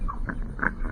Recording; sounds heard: poultry house recording; sick chickens (respiratory disease)